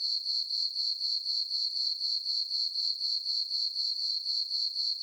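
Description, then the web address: Crickets chirping in a high, steady trill, pulsing evenly about four times each second with no other sounds. Crickets chirping at night. "Blastwave INSECTS Crickets Chirp"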